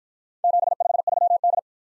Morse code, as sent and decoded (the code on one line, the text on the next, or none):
--... ..... ...-- -..
753D